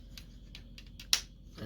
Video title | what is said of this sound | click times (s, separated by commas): Transformers Studio Series SS-08 Blackout Review! | these at the front here you can move these all the way up and they'll pop into place right | 1.1 s